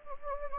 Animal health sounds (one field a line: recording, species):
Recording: mosquito wingbeat signal from an infrared sensor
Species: Anopheles gambiae